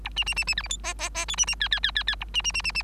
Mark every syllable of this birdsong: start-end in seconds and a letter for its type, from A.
0.04-0.09 A, 0.16-0.24 B, 0.26-0.34 B, 0.36-0.44 B, 0.47-0.54 B, 0.56-0.62 C, 0.62-0.68 D, 0.69-0.77 E, 0.83-0.94 F, 0.98-1.09 F, 1.14-1.25 F, 1.28-1.36 G, 1.37-1.46 B, 1.47-1.55 B, 1.60-1.68 H, 1.71-1.80 H, 1.83-1.91 H, 1.95-2.04 H, 2.07-2.15 H, 2.20-2.24 A, 2.34-2.42 B, 2.44-2.52 B, 2.54-2.62 B, 2.64-2.72 B, 2.74-2.83 B